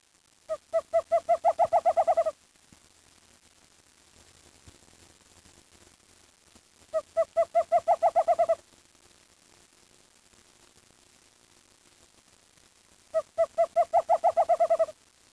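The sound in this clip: Bird giving three bouts of rapid, hollow, evenly spaced notes, about ten per bout, each bout near two seconds long and repeated roughly every six seconds against a quiet background.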